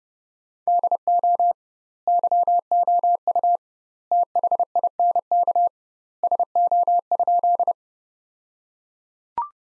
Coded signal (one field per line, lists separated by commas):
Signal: Morse code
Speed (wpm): 30 wpm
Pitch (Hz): 700 Hz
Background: none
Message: DO YOU THINK SO?